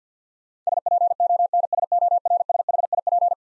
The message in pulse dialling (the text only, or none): none